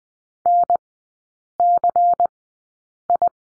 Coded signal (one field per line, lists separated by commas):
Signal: Morse code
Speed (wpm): 20 wpm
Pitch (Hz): 700 Hz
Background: none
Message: NCI